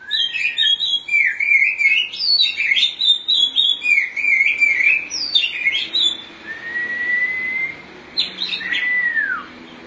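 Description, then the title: Oriental magpie-robin song, a busy stream of varied warbling notes followed by a long rising whistle and a falling slurred note. "Suara Kicauan Burung Kacer"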